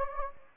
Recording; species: mosquito wingbeat signal from an infrared sensor; Anopheles gambiae